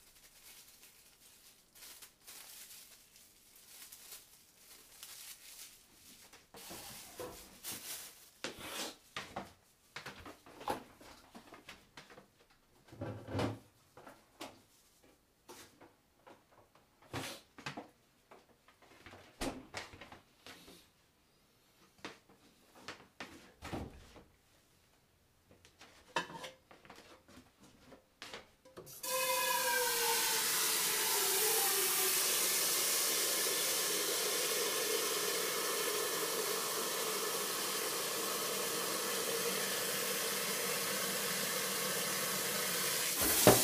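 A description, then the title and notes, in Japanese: Making tomato sauce pasta: kitchen clatter, rubbing and wooden scraping for half a minute, then a loud steady sizzle with faint shifting tones from about thirty seconds. 環境音 トマトソースパスタの一部始終。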